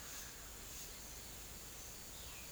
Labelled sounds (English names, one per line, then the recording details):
none
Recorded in secondary vegetation near Puerto Asís, Putumayo, Colombia, on 22 December 2024 at 08:00
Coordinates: 0.489, -76.322
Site G059